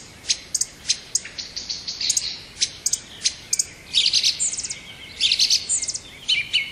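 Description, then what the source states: Song thrush song: bright, high notes and short phrases in quick series, some notes given in rapid repeated bursts, with brief pauses between phrases. Recorded in 2020.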